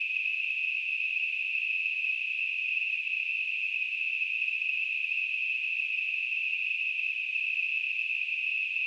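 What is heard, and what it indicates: A steady, unbroken high-pitched hiss, a narrow band of noise centred near 2.5–3 kHz like a high whistle, holds at constant loudness throughout with no pulsing or pauses. It is a simulated tinnitus sound, imitating the continuous ringing or hissing some people hear in their ears.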